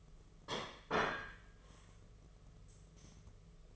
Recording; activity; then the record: daily activity, microphone in the room; place plate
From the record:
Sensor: 4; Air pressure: 1016.0 hPa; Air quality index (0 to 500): 208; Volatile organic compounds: 13 ppm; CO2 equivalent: 2403 ppm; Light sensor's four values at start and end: 14/33/14/14 and 14/33/13/14